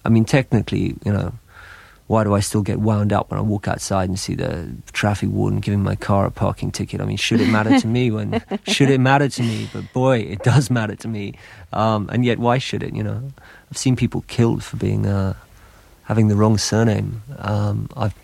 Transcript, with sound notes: I mean, technically, you know, why do I still get wound up when I walk outside and see the traffic warden giving my car a parking ticket? I mean, should it matter to me when...
(laughs)
... should it matter to me? But boy, it does matter to me. And yet why should it, you know? I've seen people kill for being -- having the wrong surname.